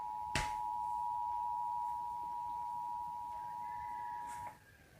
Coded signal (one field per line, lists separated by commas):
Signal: Emergency Alert System (SAME) tones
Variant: 853 and 960 Hz attention tone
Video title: Los Angeles Required Monthly Test EAS Compilation (EAS# 10-13)